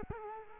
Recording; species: mosquito wingbeat signal from an infrared sensor; Culex quinquefasciatus